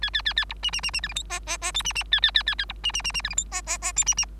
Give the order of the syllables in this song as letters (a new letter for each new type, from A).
A A A A B C C C C D E F G G G H C C A A A A A B C C C C D E F G G G H C C